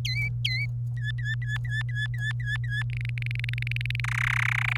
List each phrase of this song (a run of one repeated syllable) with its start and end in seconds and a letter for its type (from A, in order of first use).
0.05-0.66 A, 0.97-2.83 B, 2.90-4.00 C, 4.04-4.77 D